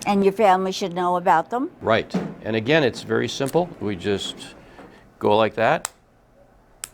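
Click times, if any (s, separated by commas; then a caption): 6.8 s. An emergency glucagon auto-injector pen is pressed against the skin while people talk. A single sharp click at 6.8 s marks activation as the pen seats and the needle goes in.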